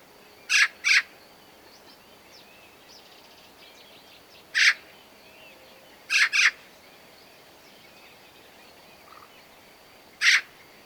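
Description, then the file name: Eurasian magpie making harsh chattering calls, some paired and some single, spaced irregularly. "Pica pica"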